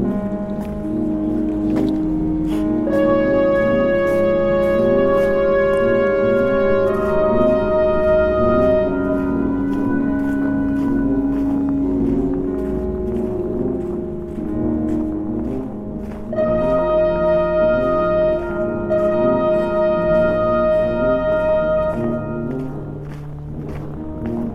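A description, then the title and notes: Brass instruments hold long, steady chords in the low and middle range, shifting to new harmonies every few seconds, with a bright upper note sustained around 3 to 9 and 16 to 21 seconds. Soft crunching clicks keep sounding underneath throughout. Evanston or Midwest in Midwinter. Field recordings of walking in the snow, a brass quintet, sine waves.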